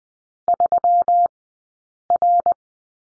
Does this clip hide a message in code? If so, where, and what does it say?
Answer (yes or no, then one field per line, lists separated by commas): yes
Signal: Morse code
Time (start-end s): 0.5-2.5 s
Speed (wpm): 20 wpm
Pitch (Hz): 700 Hz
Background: none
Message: 3R